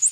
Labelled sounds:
Prothonotary Warbler flight call

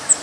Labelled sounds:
Cape May Warbler flight call

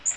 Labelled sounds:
Magnolia Warbler flight call

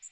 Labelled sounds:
Magnolia Warbler flight call

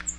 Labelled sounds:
Cape May Warbler flight call

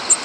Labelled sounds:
American Redstart flight call

